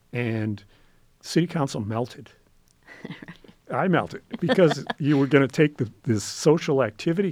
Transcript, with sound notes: and city council melted. [LAUGHING] I melted because you were going to take this social activity...